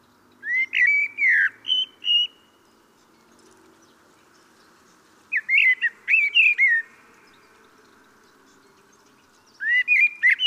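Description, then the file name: Common blackbird producing short bursts of slurred whistles and chattering notes roughly every four to five seconds, over a faint low background hum. "Turdus merula"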